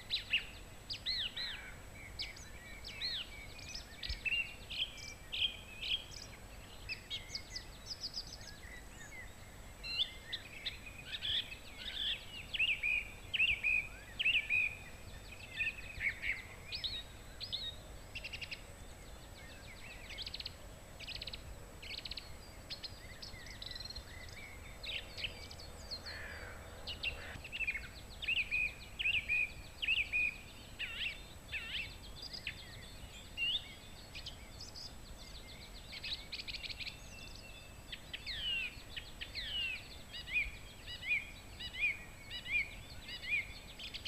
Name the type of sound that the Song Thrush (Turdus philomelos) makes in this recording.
song